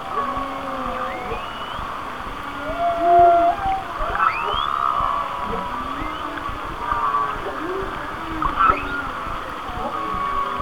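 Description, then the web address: Whale song with low moans, short upward sweeps and squeaky rising whistles. "Natures Songs Whale Songs Whale Songs"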